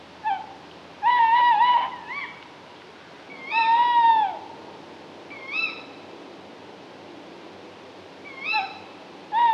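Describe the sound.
Tawny owl giving drawn-out, wavering calls, some slurring downward, in irregular bursts, with a soft background hiss.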